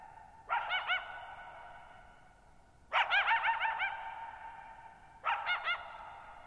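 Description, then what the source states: Coyote letting out three clusters of rapid, bending yips spaced a couple of seconds apart, every burst leaving a long, fading reverberant tail. Lone coyote at night, July 14, 2019, Thirtymile Meadows, Okanogan National Forest, Okanogan High Country, Pacific Northwest, 6400 ft (1950 m); high dry plateau, shallow-bowl meadow with boggy ground.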